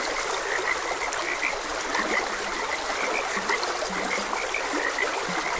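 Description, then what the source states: Several frogs calling in short repeated croaks, some higher and some deeper, layered over a steady babble of running water. Frogs croaking beside a gentle stream.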